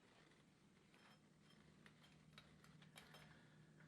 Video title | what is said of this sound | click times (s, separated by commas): C10 axle swap-Making Custom Shock Mounts: C10 Build Series (EP. 8) | the nice thing with zip ties is you can go you can go incrementally those each one of those little clicks is | 1.9 s, 2.4 s, 2.6 s, 3.0 s